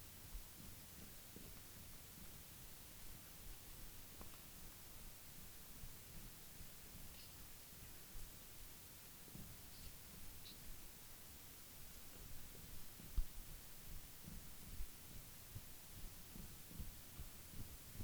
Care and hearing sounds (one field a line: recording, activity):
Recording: daily activity, guitar pickup as the sensor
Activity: jump